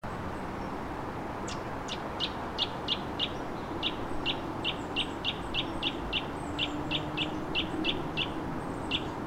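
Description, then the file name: Eurasian nuthatch calling: brisk series of clipped high piping notes, starting after a short pause and running quickly and evenly, over a steady low hum. "Sitta europaea"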